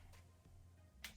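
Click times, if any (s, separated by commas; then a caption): 1.0 s. A plastic needle cap is pushed back onto a syringe's needle hub after an injection, and it clicks into place with one short, sharp click at 1.0 s over quiet background music. The cap is seated.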